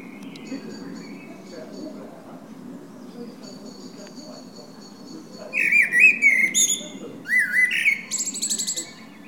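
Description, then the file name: Common blackbird song starts after a quiet stretch with faint thin high tones. Then comes a mellow whistled warble, and shrill twittering notes close it off. "Turdus merula"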